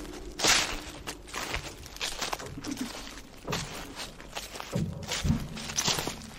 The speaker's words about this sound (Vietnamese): Đi được một đoạn, ông pháp sư mơ hồ nghe có tiếng bước chân dẫm lên những lá cây mục sột soạt ở đằng sau.